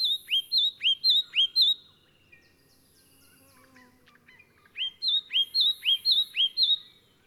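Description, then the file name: Leaden flycatcher giving a quick run of several rising whistles, a short quiet pause, then another run of several upslurred notes. "Myiagra Rubecula"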